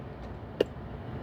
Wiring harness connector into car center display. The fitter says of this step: make sure it clicks.